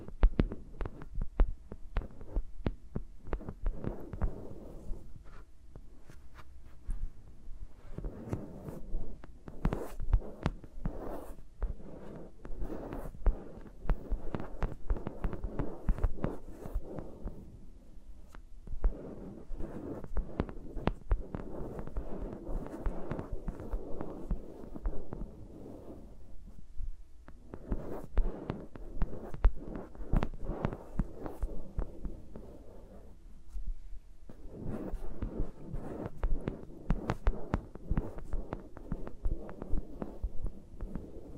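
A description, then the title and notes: Fingers move against microphones at close range, producing dense bursts of soft rubbing, scratching and tapping. The handling comes in stretches of several seconds separated by brief quieter gaps, near 3, 18, 27 and 34 seconds. Low muffled thumps run under the scratching throughout. ASMR with Mics Around My Fingers (No Talking).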